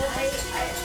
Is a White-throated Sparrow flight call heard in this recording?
no